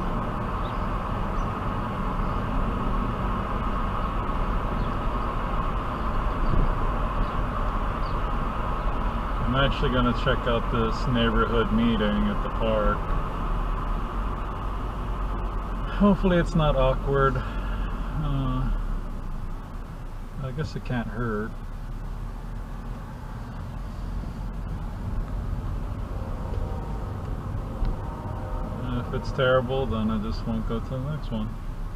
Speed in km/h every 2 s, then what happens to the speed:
47, 48, 50, 50, 48, 45, 40, 34, 26, 16, 10, 8, 10, 16, 19, 15.
0-7 steady at about 48. 7-20 slows to 10. 23-28 speeds up to 19.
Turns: 19-25.